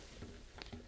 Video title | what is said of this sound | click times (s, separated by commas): UnfinishedCMS | snap it together | 0.6 s